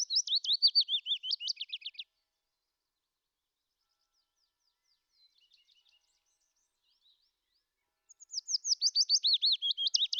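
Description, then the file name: Willow warbler song: a sweet, slurred phrase of notes sliding gently downward, heard at the start and again after a quiet gap of about six seconds. "fitis"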